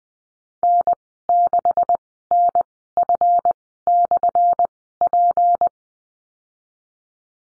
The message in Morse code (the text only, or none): N6NF/P